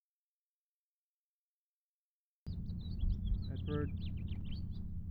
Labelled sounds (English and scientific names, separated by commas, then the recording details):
House Finch (Haemorhous mexicanus) song
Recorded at Hewlett Harbor on Long Island, New York, on 10 June 1975
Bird C